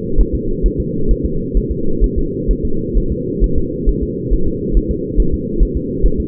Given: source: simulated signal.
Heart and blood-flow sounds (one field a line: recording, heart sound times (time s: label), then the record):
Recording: fetal heart sounds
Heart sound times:
0.21 s: S1
0.35 s: S2
0.66 s: S1
0.80 s: S2
1.11 s: S1
1.25 s: S2
1.57 s: S1
1.71 s: S2
2.04 s: S1
2.18 s: S2
2.51 s: S1
2.65 s: S2
2.97 s: S1
3.12 s: S2
3.44 s: S1
3.58 s: S2
3.89 s: S1
4.03 s: S2
4.33 s: S1
4.48 s: S2
4.77 s: S1
4.91 s: S2
5.20 s: S1
5.34 s: S2
5.62 s: S1
5.77 s: S2
6.06 s: S1
6.20 s: S2
From the record:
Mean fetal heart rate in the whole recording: 135 bpm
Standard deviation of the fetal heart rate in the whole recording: 3 bpm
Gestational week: 36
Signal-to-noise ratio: -8.1 dB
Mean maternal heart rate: 72 bpm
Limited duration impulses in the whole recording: present